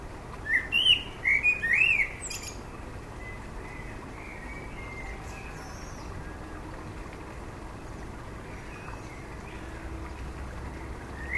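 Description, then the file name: Common blackbird song: a mellow fluting phrase of rising and falling notes finishing in thin high twitters, then near silence with faint notes. "Turdus merula"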